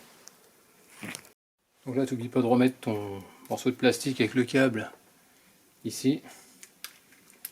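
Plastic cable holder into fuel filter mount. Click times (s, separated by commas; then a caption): 7.4 s. While refitting a fuel filter assembly, a plastic piece holding a cable is pushed into its mount on the fuel filter as someone talks. A few short clicks and taps sound near the end, and the plastic cable holder clicks into place at 7.4 s, seated.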